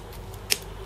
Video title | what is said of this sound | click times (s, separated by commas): Commodore Amiga Checkmate Keyboard Shell & A1200.net Replacement Keys (1st Run) / A2000 DIY Keyboard | did you hear that snap it snaps on there's no way that's coming off | 0.5 s